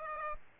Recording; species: mosquito wingbeat signal from an infrared sensor; Aedes aegypti